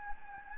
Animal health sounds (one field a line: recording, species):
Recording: mosquito wingbeat signal from an infrared sensor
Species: Anopheles gambiae